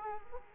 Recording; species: mosquito wingbeat signal from an infrared sensor; Culex quinquefasciatus